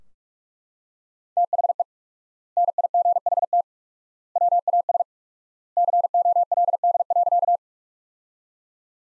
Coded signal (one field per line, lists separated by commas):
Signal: Morse code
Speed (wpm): 41 wpm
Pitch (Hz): 700 Hz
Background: none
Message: THE NIGHT WAS COLD.